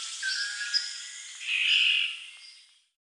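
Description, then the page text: Black-naped oriole giving rasping, nasal calls that swell and fade, with faint thin bird whistles. "Black-Naped Oriole Calls. Quick Sounds"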